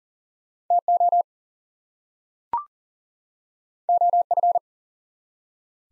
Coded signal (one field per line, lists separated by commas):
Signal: Morse code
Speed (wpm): 40 wpm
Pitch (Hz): 700 Hz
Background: none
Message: TO OF